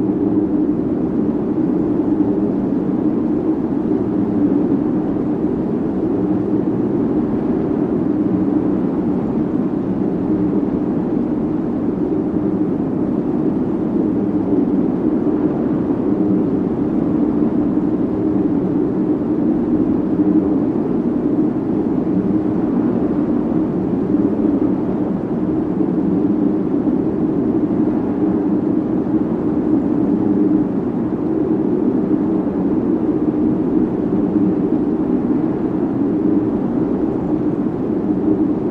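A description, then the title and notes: A deep, steady wind-like rush holds at the same level for the whole clip, dense and unbroken. The sound sits low, centered in a dull rumbling roar with little brightness on top, like engine drone or moving air. Deep Space Winds and Low Frequency White Noise.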